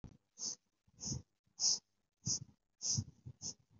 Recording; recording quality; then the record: shallow breathing; excellent, no background noise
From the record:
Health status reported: healthy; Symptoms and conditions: none ticked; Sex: female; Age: 56 years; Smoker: not ticked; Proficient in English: yes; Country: India